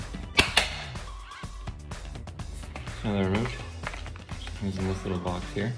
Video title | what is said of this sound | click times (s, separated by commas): Bliss Automation by Alta Smart Shades, How to and the benefits to your Smart Home | So you push back now, you'll hear a big click. | 0.4 s, 0.6 s